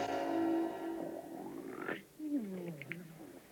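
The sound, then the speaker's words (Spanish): Two drawn-out snores, the first a long, buzzy, rumbling inhale, the second a lower, wavering exhale with a gurgling texture, moderately loud with no talking. “Estás roncando.”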